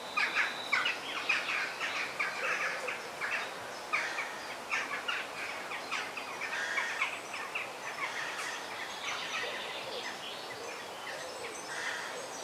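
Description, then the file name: Parrots squawking together, a dense, chattering run of rough calls that is loudest early and eases toward the end, over faint hiss. Parrot calls in forest ambience. "ASMR Sounds of the Forest - The Parrot Song"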